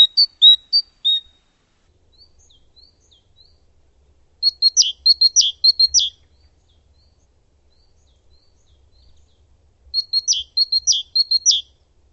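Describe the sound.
Bird calls: a few high chirps at the start, then two bursts of quick, sharp, high notes in rapid series, each burst about one and a half seconds long, separated by pauses.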